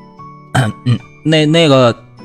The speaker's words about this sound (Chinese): 袁子峰在原地站了会儿，才猛地咳嗽两下